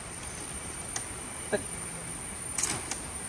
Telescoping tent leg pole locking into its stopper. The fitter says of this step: dah. Ni dia dah lock. Dia tak boleh nak turun balik.